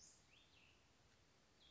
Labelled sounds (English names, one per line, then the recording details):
Cassin's Vireo
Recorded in Sonoma County, California